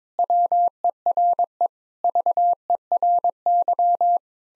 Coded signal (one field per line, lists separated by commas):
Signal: Morse code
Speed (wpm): 22 wpm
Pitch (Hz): 700 Hz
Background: none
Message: WERE VERY